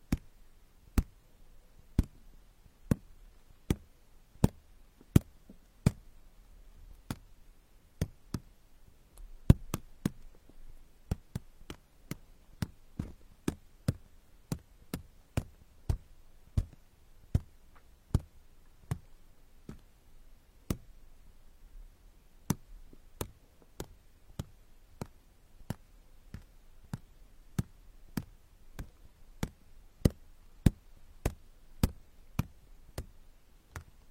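Sharp, dry clicks and taps of ear picking arrive one or two per second in an uneven rhythm, each a brief bright snap. A few land harder, around ten seconds and near thirty. A faint low rumble sits underneath throughout.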